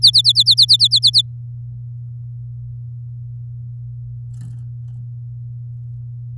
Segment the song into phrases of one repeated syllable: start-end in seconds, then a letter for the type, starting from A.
0.02-1.22 A